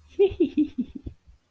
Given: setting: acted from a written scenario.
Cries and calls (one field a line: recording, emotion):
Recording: vocal sound without words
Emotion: shame